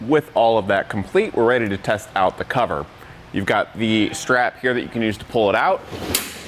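Someone talks while the strap of a Pace Edwards UltraGroove retractable hard tonneau cover on a 2013 Ram 2500 is handled, ready to pull the cover out along its bed rails, where its latches lock into stops at 12-inch intervals. Nothing has seated or clicked yet; a brief broadband rustle comes at the end.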